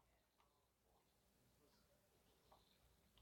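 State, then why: Not seated. A memory module is lined up by its notch and placed into a motherboard DIMM slot one over from the first, with only faint plastic ticks and light handling taps over a low steady background. Nothing has seated or clicked yet; the retention clips have not snapped shut.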